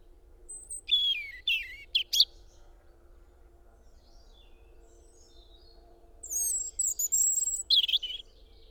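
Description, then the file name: European robin song with sharp high whistles and sliding notes early on, a quiet pause, then another jumbled high phrase; a steady low hum runs throughout. "Erithacus rubecula"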